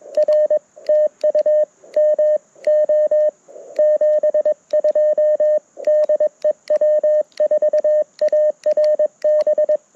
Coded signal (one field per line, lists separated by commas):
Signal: Morse code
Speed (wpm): 22 wpm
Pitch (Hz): 590 Hz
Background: none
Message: R TU MO 72 DE W4ARB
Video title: QRP CW with the Mountain Topper MTR4B V2 - Morse Code Monday #5